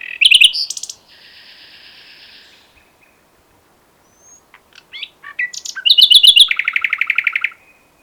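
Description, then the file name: Common nightingale song: loud chirps, a long buzzy droning note, a quiet gap, then scattered notes building into a long rapid rattling trill. "Luscinia megarhynchos"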